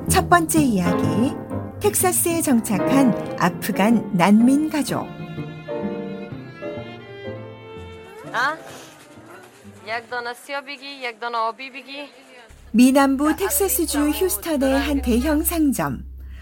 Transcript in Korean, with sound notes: “첫 번째 이야기, 텍사스에 정착한 아프간 난민 가족”
[현장음: 휴스턴 월마트]
미 남부 텍사스주 휴스턴의 한 대형 상점.